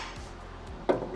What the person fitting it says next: it locks right into place